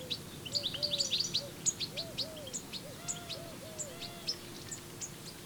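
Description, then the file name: European goldfinch calls: a quick run of high twittering chirps at the start, then spaced single chirps repeating, over a series of faint lower arched notes. "Carduelis carduelis"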